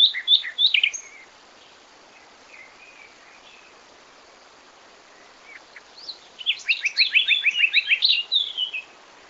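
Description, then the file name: Common nightingale song with varied chirps, a quiet pause of soft notes, then a rapid rattling series of repeated sharp notes ending in a flourish. "Luscinia megarhynchos"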